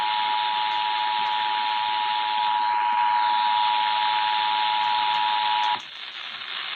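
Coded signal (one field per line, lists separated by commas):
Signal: Emergency Alert System (SAME) tones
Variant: 853 and 960 Hz attention tone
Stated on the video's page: Real alerts captured during a derecho.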